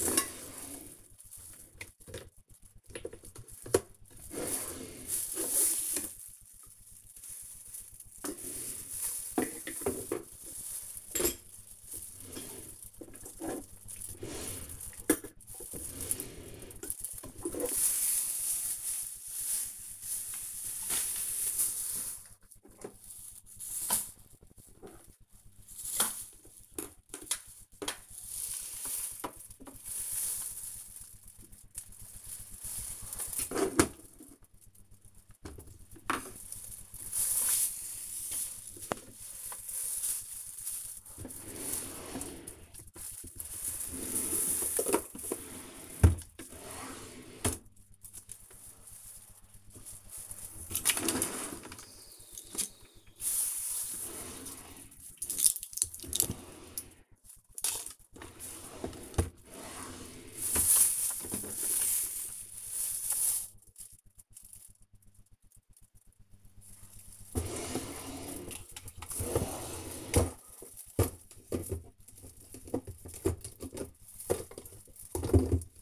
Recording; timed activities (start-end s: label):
household activities, microphone on the right wrist
0.00-75.82 s: tidy up the cupboard